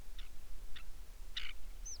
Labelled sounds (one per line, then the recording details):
bird
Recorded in the Prudhoe Bay oil fields, Alaska, on 10 July 2019 at 09:35
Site 11